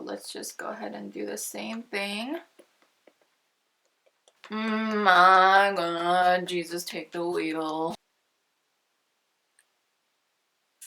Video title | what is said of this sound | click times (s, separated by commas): NEW Wet N Wild Cushion Foundation Review | Is this closed all the way? I don't really hear the snap. | none